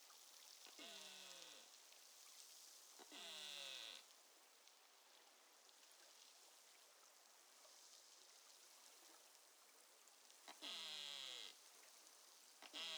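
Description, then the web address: Beluga calls: three descending harmonic sweeps, each about a second long, some with a bright tonal upper band, over steady background noise. Northern Baffin Bay, 19 July 2015. "BELUGA Baffin north 20150719"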